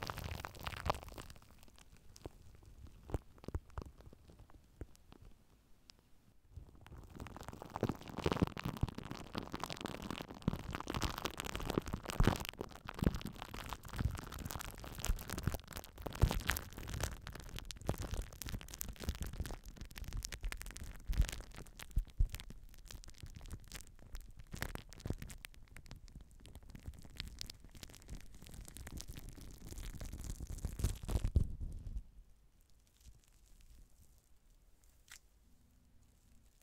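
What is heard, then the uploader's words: Shaving gel being dispensed and worked: a quiet, sparse crackling for the first six seconds, then a dense, steady hiss with fizzing, crackly texture from about 7 to 32 seconds. The sound cuts off abruptly, leaving near silence to the end. Super TINGLY Shaving Gel.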